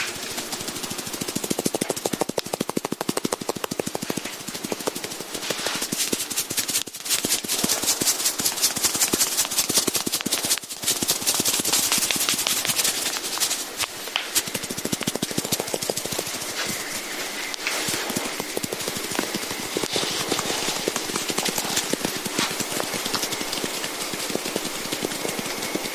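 Gentle massage sounds: a fast, dense patter of soft taps and rubbing runs steadily, pausing briefly around seven, eleven and fourteen seconds.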